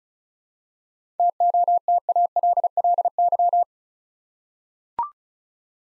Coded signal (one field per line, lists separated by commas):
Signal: Morse code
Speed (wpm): 36 wpm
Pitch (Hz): 700 Hz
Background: none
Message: TOTALLY